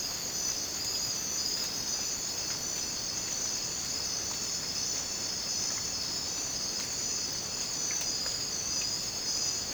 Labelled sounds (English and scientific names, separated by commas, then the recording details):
none
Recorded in dense forest near Puerto Asís, Putumayo, Colombia, on 19 June 2025 at 03:00
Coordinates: 0.484, -76.317
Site G045